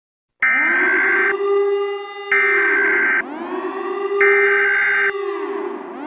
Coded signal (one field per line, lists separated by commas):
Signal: Emergency Alert System (SAME) tones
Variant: header bursts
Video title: Attack on the Islands || Eas Scenario || Part 2 Finale